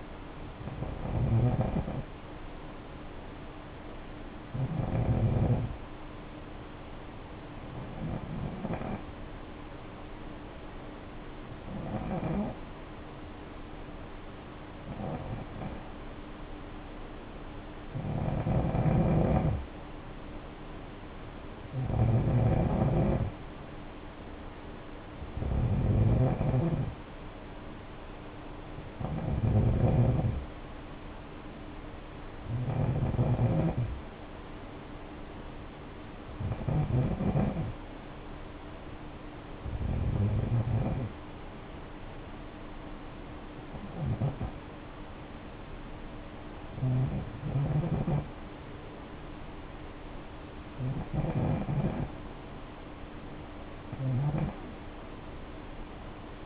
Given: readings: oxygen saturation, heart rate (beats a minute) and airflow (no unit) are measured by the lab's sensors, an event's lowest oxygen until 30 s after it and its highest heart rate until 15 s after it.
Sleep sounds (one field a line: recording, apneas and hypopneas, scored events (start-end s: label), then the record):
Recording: breathing in sleep by a voice recorder at the bedside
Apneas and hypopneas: 1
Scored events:
5.00-18.60 s: hypopnea (N2, oxygen 94% highest, then 89% lowest, heart rate 60 at the start, 62 highest)
From the record:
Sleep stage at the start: N2 (light sleep)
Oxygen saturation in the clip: 89 to 94%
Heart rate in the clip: 55 to 62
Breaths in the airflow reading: 16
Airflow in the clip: -6.6 to 4.0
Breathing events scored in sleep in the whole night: 520 in 7.2 hours asleep